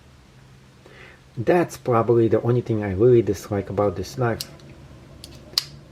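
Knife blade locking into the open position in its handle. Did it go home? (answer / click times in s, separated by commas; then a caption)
yes / 5.6 s. Someone talks, then a SOG Trident spring-assisted folding knife is opened, with a quieter hit at 5.2 s as the release is likely being worked. The blade swings out and snaps open, locking into the open position in its handle with a sharp click at 5.6 s.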